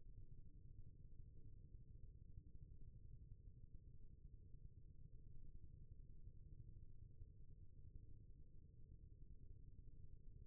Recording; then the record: forearm muscle sounds (acoustic myography)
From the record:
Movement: rest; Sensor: system 1, eight BSWA MPA416 microphones around the upper forearm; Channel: 1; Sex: male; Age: 23 years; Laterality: right